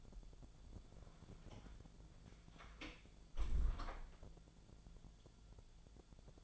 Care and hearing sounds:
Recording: daily activity, microphone in the room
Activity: close door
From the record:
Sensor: 5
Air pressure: 1000.6 hPa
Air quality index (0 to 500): 155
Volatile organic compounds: 2 ppm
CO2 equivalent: 1193 ppm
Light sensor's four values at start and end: 48/113/47/50 and 49/114/47/50

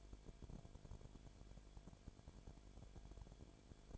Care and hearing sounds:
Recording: daily activity, microphone in the room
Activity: no activity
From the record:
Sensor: 5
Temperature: 19.8 degrees Celsius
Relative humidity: 33.3%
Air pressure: 1001.4 hPa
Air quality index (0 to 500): 32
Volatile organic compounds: 1 ppm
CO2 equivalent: 525 ppm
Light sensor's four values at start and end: 2/3/1/1 and 2/3/1/1

